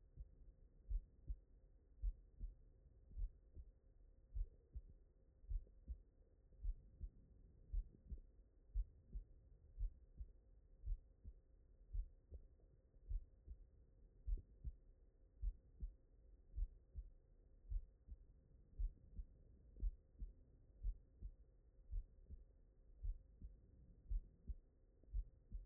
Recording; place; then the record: heart sounds by stethoscope; mitral valve (MV)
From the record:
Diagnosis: non-HFrEF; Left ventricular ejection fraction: 58%